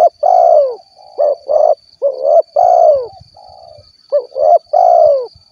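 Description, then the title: Spotted dove giving repeated throaty coo phrases, quick notes leading into drawn-out falling coos, with quieter softer coos in between and a faint steady high tone throughout. "Tekukur"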